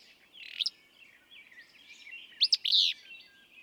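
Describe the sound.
Willow flycatcher song, a quick rising note followed by two sharp clicks and a harsh buzz, with faint twittering behind.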